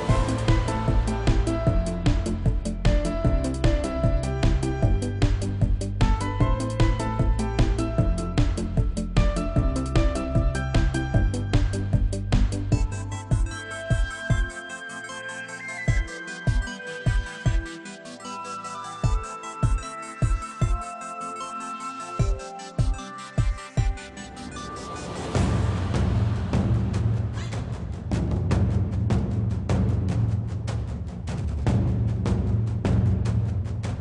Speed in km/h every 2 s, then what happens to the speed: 90, 89, 90, 87, 85, 84, 84, 85, 82, 82, 79, 81, 84, 84, 84, 81, 81.
0-34 slows to 81.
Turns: none.